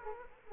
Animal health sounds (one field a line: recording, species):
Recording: mosquito wingbeat signal from an infrared sensor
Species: Aedes aegypti